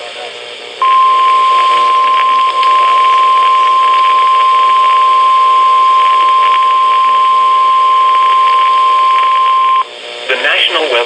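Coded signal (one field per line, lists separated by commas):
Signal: Emergency Alert System (SAME) tones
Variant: 1050 Hz attention tone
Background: speech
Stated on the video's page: NOAA Radio alerts.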